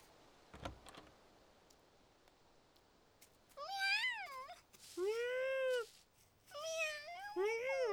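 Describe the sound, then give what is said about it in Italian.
In a town inhabited by cats, several cats meow in quick succession, drawn-out rising and falling cries, some high and thin, others lower and fuller, overlapping, after a quiet stretch with a soft thump and faint ticks. “È davvero abitato da gatti.”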